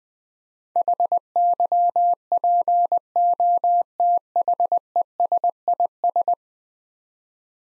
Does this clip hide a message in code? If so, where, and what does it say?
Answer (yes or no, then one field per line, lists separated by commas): yes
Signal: Morse code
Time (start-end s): 0.8-6.3 s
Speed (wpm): 20 wpm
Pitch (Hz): 700 Hz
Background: none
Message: HYPOTHESIS